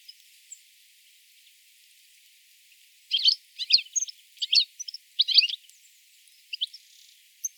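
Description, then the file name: European Goldfinch twittering in a few tight clusters of sharp, metallic chirps after a quiet opening, with faint background hiss. "Carduelis carduelis"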